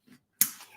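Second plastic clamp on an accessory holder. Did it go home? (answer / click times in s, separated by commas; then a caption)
yes / 0.4 s. The second heavy-duty plastic clamp on an accessory holder is pressed into place. After a brief faint rustle near the start, a single sharp snap sounds at 0.4 s and rings down, and the clamp is seated.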